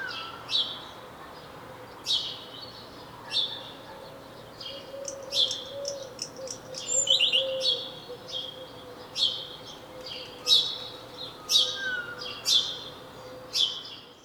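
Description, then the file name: House sparrow chirps, short bright notes given singly and in quick runs throughout, over a faint steady low hum. "Passer domesticus"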